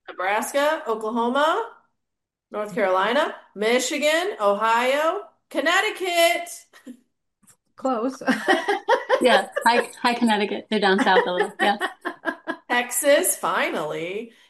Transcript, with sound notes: Nebraska, Oklahoma, North Carolina, Michigan, Ohio, Connecticut.
Close. (laughs)
Yeah. Hi, hi, Connecticut. They're down south a little, yeah.
(laughs)
Texas, finally.